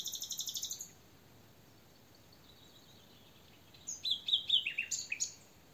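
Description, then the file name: Common nightingale singing: a fast repeated high trill, a long silence, then a loud series of varied whistled notes, some falling. "Luscinia megarhynchos"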